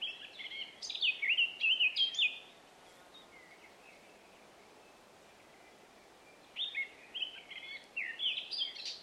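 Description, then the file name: Eurasian blackcap song: a fluty, warbling phrase of about two seconds, then a gap of soft chatter, then another bright whistled phrase near the end. "Sylvia atricapilla"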